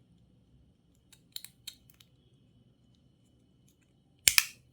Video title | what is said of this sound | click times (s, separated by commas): How To Change & Replace Coin Battery On JioTag Air Tracker! | and you will hear this click sound | 4.3 s, 4.4 s